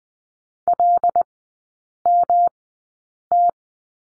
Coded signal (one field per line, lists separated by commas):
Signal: Morse code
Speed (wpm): 20 wpm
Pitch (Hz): 700 Hz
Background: none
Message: LMT